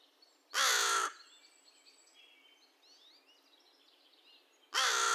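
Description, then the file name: American crow with two harsh, loud caws about four seconds apart, soft twittering of small birds heard in the gap. Recorded 2 May 2020; the recording holds 22 caw-caws and one caw. "2020-05-02 American Crow cawcawsandonecaw"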